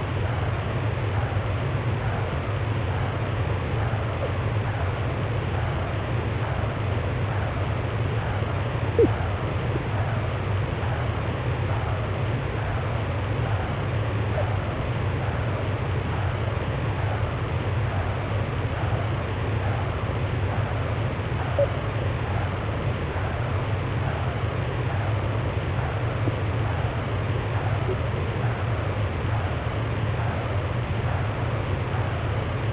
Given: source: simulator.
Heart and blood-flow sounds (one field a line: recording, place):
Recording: transcranial Doppler ultrasound of blood flow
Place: posterior cerebral artery (PCA)